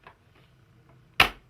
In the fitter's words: and it clicks you hear it click all right